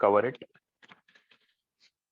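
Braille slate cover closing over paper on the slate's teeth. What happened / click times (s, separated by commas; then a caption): The cover was lined up over the paper but not yet snapped shut / none. Someone talks briefly, then a sheet of paper is positioned over the teeth of a braille slate and the slate's cover is brought into place over it, making a few soft, small handling taps and rustles. The cover has not yet been pushed shut, and nothing has clicked or seated yet.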